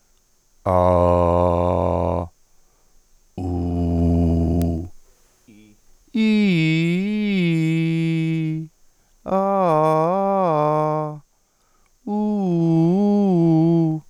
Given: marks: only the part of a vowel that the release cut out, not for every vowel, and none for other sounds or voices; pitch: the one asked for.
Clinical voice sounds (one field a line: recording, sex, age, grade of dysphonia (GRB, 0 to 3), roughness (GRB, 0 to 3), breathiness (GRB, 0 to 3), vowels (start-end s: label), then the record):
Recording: sustained vowels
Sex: male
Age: 50 to 59 years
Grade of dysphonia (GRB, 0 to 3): 1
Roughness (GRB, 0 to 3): 1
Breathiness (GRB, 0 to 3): 1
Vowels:
0.83-2.13 s: vowel /a/, low pitch
3.57-4.71 s: vowel /u/, low pitch
6.49-8.05 s: vowel /i/, low-high-low pitch
9.66-10.88 s: vowel /a/, low-high-low pitch
12.46-13.86 s: vowel /u/, low-high-low pitch
From the record:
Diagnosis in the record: healthy voice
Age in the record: 55 years